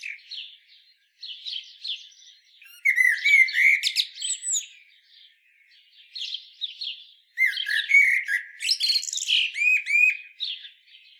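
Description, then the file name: Common blackbird phrases in two loud bursts, each of low warbling with squeaky high notes, preceded and separated by softer chattering. "Turdus merula"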